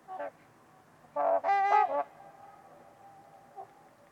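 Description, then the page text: Trumpeter swans calling loud, brassy honks: a single note, then a rapid run of three strong honks, and one soft honk at the end. Trumpeter swans at Winters Lake in a deep valley, recorded on a winter evening amid deep silence and distant white noise. "Trumpeter Swans on a Winter's Eve. Wind Is the Original Radio. Nick-Mc Mahan Winters-Lake-with-Swan. A coveted silence drenches the deep valley. Winter at it’s finest"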